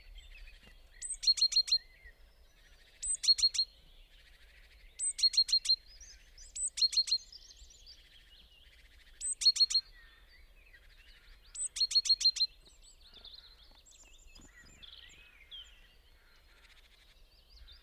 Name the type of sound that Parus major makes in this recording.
call